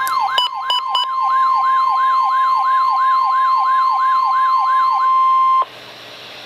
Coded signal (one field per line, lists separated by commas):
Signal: Emergency Alert System (SAME) tones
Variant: 1050 Hz attention tone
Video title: Required Weekly Test - 06/13/12 (EAS #217)